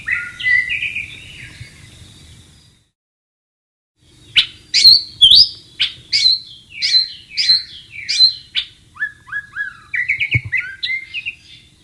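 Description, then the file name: White-rumped shama song: a whistled opening phrase, a pause, then a rapid run of bright varied notes and falling slurred whistles, loud and rich. Wild bird, recorded in the wild. "suara burung murai batu di alam liar"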